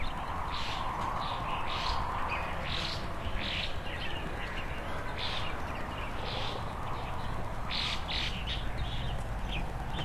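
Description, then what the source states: Birds twittering busily with many short overlapping chirps, over a steady mid-pitched hiss and low background noise. Several birds frolicking on branches, early morning, in front of a rural country house, heard through an opened window; harmonious, quiet setting.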